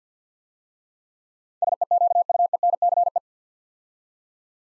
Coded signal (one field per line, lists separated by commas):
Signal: Morse code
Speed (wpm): 52 wpm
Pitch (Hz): 700 Hz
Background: none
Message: SEQUENCE